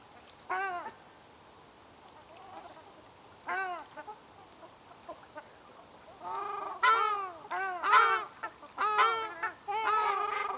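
Ruddy shelduck calls, two spaced honks then a rapid run of loud nasal honks.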